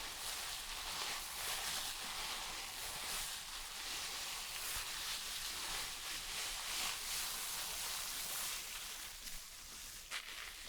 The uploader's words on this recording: ASMR Relaxing Shampoo and Hair brushing for your insomnia ｜NO TALKING.